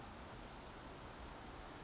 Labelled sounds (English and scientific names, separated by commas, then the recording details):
Chestnut-backed Chickadee (Poecile rufescens)
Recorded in Sonoma County, California